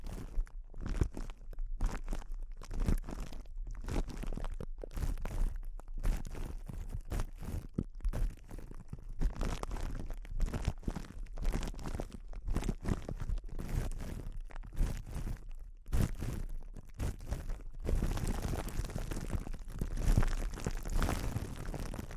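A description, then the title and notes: Crinkling material is handled in a dense, irregular stream of crackles and soft crunches with brief pauses between bursts. The sound stays low and muffled for most of the clip, then turns brighter and hissier from around eighteen seconds. ASMR Sensitive Crinkles (No Talking).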